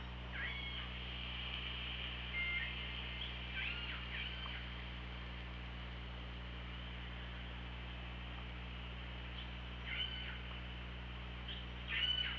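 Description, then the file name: Orca calls: repeated short harmonic calls in scattered bursts, some with rising ends, over a continuous low hum and background hiss. OrcaLab hydrophone recording, 24 August 2017, about 18:54. "Orca Lab UTLN JASON 20170824 185424 ORCALABDYNI"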